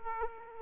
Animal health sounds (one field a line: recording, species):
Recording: mosquito wingbeat signal from an infrared sensor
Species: Aedes aegypti